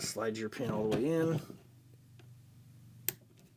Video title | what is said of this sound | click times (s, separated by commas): Timney Alpha Glock gen 3-4 trigger install and overview | You should get a little click while that spring that I just showed you falls into place in the notch on that pin. | 3.1 s